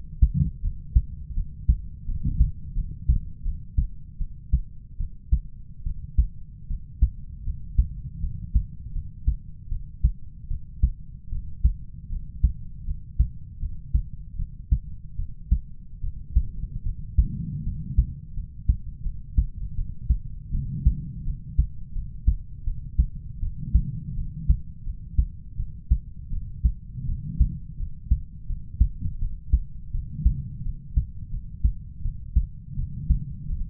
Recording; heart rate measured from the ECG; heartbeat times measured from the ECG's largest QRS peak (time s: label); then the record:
heart sounds by stethoscope; 80 bpm
0.61 s: heartbeat
1.34 s: heartbeat
2.05 s: heartbeat
2.74 s: heartbeat
3.43 s: heartbeat
4.18 s: heartbeat
4.97 s: heartbeat
5.83 s: heartbeat
6.67 s: heartbeat
7.43 s: heartbeat
8.20 s: heartbeat
8.92 s: heartbeat
9.69 s: heartbeat
10.48 s: heartbeat
11.29 s: heartbeat
12.09 s: heartbeat
12.84 s: heartbeat
13.59 s: heartbeat
14.36 s: heartbeat
15.16 s: heartbeat
16.01 s: heartbeat
16.83 s: heartbeat
17.63 s: heartbeat
18.34 s: heartbeat
19.02 s: heartbeat
19.75 s: heartbeat
20.51 s: heartbeat
21.24 s: heartbeat
21.92 s: heartbeat
22.64 s: heartbeat
23.40 s: heartbeat
24.14 s: heartbeat
24.83 s: heartbeat
25.56 s: heartbeat
26.30 s: heartbeat
27.06 s: heartbeat
27.77 s: heartbeat
28.46 s: heartbeat
29.18 s: heartbeat
29.91 s: heartbeat
30.62 s: heartbeat
31.30 s: heartbeat
32.02 s: heartbeat
32.75 s: heartbeat
33.46 s: heartbeat
From the record:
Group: healthy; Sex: male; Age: 20 years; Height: 187 cm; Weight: 68.9 kg